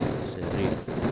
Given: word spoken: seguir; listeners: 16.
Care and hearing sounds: one Spanish word in noise, from a listening test; noise modulated by three-talker babble; -4.8 dB; 2 of 16; 11 of 16; 0.72 s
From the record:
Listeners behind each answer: 11, 2, 1, 1, 1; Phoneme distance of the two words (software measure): 17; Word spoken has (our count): 2 syllables, 5 phonemes, stress on syllable 2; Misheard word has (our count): 2 syllables, 6 phonemes, stress on syllable 2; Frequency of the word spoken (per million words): 152.47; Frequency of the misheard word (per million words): 56.25

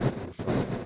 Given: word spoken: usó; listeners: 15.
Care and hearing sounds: one Spanish word in noise, from a listening test; noise modulated by one talker; -11.5 dB; 3 of 15; 6 of 15; 0.46 s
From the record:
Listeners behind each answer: 6, 3, 1, 1, 1, 1, 1, 1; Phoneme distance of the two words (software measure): 28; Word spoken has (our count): 2 syllables, 3 phonemes, stress on syllable 2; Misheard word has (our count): 3 syllables, 7 phonemes, stress on syllable 2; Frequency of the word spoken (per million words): 6.44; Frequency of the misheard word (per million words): 22.77

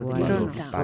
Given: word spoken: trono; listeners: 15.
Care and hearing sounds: one Spanish word in noise, from a listening test; four-talker babble; -1.6 dB; 1 of 15; 7 of 15; 0.44 s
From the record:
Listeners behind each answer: 7, 2, 1, 1, 1, 1, 1, 1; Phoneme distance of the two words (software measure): 7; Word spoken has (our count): 2 syllables, 5 phonemes, stress on syllable 1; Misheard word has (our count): 2 syllables, 6 phonemes, stress on syllable 1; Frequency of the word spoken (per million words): 12.32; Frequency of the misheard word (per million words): 0.49

